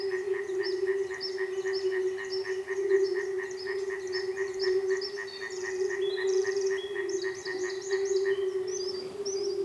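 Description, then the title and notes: Frogs in full chorus, a constant humming drone overlaid by fast regular pulsed croaks and short higher chirping notes. Frogs recorded at a frog reservation in Manušice, Česká Lípa, Czechia. "Manušice 28, 471 11 Česká Lípa, Česko - Frogs. Frog reservation"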